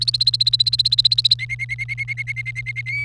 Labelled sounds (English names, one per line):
Domestic Canary song